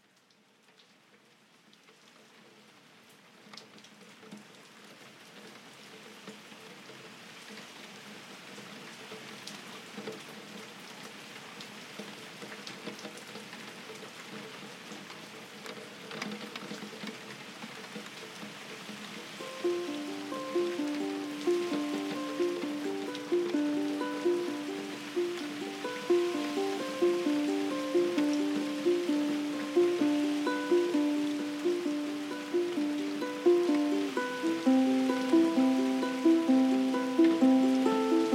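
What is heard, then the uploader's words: Rain falls on a window in a dense, steady patter that slowly grows louder across the clip. From about twenty seconds a simple melody of repeated chiming notes enters over the rain, moving in a regular pulse to the end. Rain falling on a window. Captured in a remote village in Portugal, Summer 2023. Ukulele performed by Ricardo Santos Rocha.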